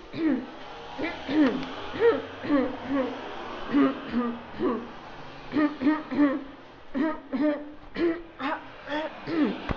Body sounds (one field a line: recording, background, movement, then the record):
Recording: throat clearing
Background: traffic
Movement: walking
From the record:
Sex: female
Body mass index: 21.8 kg/m2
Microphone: on the chest, facing outward